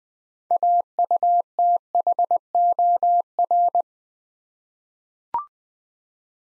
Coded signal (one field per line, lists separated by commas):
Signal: Morse code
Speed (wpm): 20 wpm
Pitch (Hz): 700 Hz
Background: none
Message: AUTHOR